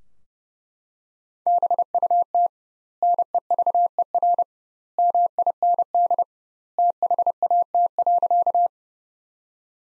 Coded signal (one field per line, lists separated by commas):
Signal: Morse code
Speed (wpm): 32 wpm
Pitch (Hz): 700 Hz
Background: none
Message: BUT NEVER MIND THAT.